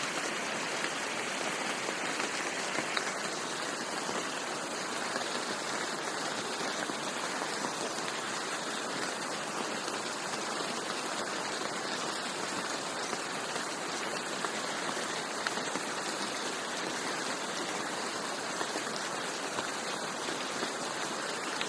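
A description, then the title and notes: Rain falls steadily throughout, a dense, even hiss of countless drops with no pauses or swells. The sound sits mostly in the middle and upper range, with little low rumble, and the level stays constant from start to finish. Serene Rain Sounds.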